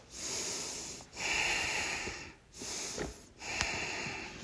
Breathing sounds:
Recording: deep breathing after running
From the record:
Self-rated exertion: moderate exertion (3 of 6)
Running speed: 9 miles an hour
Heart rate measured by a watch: 92 beats a minute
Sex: male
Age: 24 years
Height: 175 cm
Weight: 56 kg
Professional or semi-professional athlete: no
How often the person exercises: over 5 times a week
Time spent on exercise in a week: over 5 hours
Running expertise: yes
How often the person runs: over 5 times a week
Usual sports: running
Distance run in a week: 60 km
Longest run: 43 km

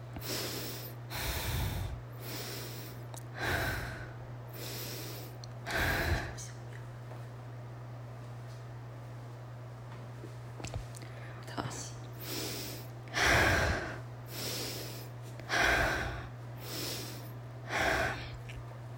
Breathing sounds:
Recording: deep breathing after running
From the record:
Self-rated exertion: light exertion (2 of 6)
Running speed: 5 miles an hour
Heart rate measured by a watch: 76 beats a minute at the start, 80 at the end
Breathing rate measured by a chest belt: 27 breaths a minute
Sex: female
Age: 30 years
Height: 160 cm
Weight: 51 kg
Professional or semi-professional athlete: no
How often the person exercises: 3 to 5 times a week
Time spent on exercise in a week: over 5 hours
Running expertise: no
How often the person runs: 3 to 5 times a week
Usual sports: running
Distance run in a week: 60 km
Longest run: 42 km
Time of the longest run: 267 minutes

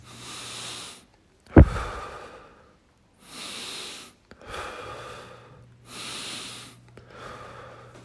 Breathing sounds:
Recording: deep breathing after running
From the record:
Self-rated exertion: light exertion (2 of 6)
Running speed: 7 miles an hour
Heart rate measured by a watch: 83 beats a minute at the start, 87 at the end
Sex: male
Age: 23 years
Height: 172 cm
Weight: 73 kg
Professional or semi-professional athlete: no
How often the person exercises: 3 to 5 times a week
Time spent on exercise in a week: over 5 hours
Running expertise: yes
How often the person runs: 3 to 5 times a week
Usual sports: running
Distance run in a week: 40 km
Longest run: 20 km

